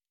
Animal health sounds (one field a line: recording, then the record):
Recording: hydrophone in a shrimp aquaculture tank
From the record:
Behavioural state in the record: normal